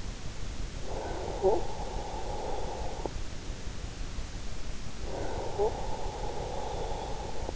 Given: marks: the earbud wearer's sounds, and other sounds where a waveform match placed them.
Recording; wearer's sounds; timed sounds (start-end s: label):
sounds in sleep by an in-ear microphone; breath, talking in sleep
0.75-3.26 s: breath
1.29-1.77 s: talking in sleep
5.10-7.56 s: breath
5.41-5.83 s: talking in sleep